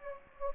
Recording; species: mosquito wingbeat signal from an infrared sensor; Anopheles gambiae